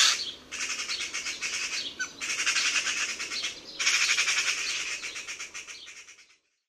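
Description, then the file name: Eurasian magpie giving long, dry machine-gun rattles, a short opening burst then three extended harsh bursts with brief pauses between them, the last fading out. "SROKA"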